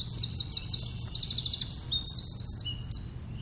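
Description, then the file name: Eurasian wren singing a rapid, high, tumbling run of sharp trills and chips, continuous for over three seconds over a low steady hum. "Troglodytes troglodytes"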